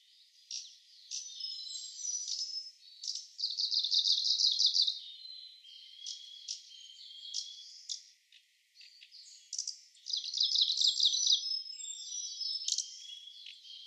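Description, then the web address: Kamchatka leaf warbler song: two loud bursts of fast repeated high notes, with thin whistles and sharp chips between them. "komebosomusikui"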